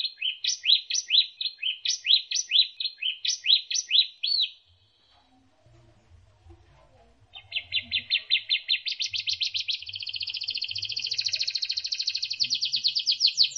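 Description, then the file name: Canary singing repeated chirp phrases, a brief pause with faint low rumble, then a long rapid high trill that grows denser. Canary song used as isian, a training song for teaching other songbirds. "suara kenari isian omkicau"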